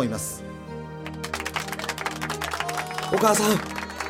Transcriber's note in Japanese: 拍手